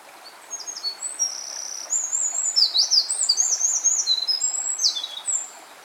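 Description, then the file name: Eurasian wren delivering one long, energetic phrase of very high chattering trills and sharp whistles, lasting about five seconds before stopping. "Troglodytes troglodytes"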